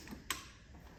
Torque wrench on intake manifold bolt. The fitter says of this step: Oh, got a click?